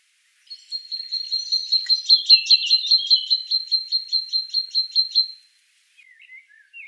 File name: Parus major